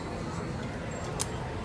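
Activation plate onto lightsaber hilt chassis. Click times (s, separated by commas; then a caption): 1.2 s. A plastic activation plate is pressed onto a toy lightsaber hilt chassis, matching blue to blue and red to red. Against a steady low background, one short sharp snap sounds at 1.2 s as the plate seats in place.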